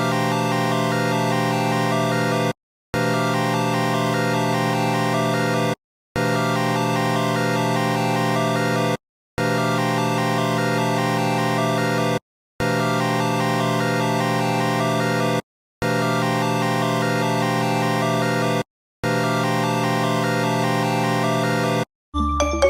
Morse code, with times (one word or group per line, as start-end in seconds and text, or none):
none